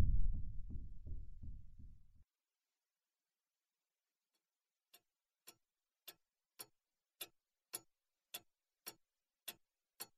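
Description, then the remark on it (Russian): A wall clock in an office of a laboratory ticks in a slow, steady rhythm, about two ticks per second, each sharp click growing slightly louder. A low rumbling noise fills the first two seconds, then silence before the ticking starts. “Та же тишина, нарушаемая лишь официальным тиканьем настенных часов, которые здесь были в каждом кабинете.”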